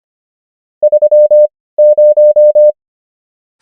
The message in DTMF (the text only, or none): none